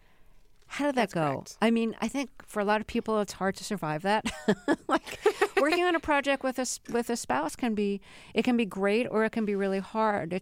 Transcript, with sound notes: How did that go? I mean I think for a lot of people, it's hard to survive that (laughter).
(Laughter).
Like, working on a project with a spouse can be - it can be great, or it can be really hard.